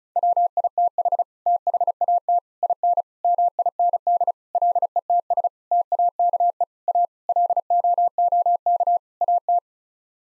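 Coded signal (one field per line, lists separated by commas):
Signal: Morse code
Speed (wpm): 36 wpm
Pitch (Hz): 700 Hz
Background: none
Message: WITH THAT IN MIND LETS TAKE A LOOK AT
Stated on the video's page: Morse head-copy practice at 35 wpm: sets of nine common words sent, spoken, then sent again.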